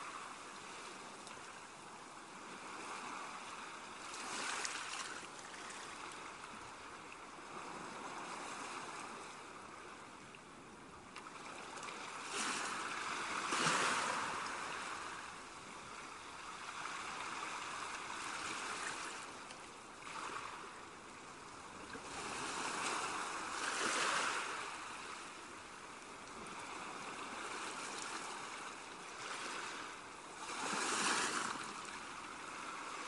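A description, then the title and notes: Soft ocean waves wash onto a beach in a steady, hissing roar. Brighter surges rise every few seconds, with fuller swells near 5, 13, 24 and 31 seconds. The sound stays airy, with little low rumble. Softest Beach Sounds from the Tropics - Ocean Wave Sounds.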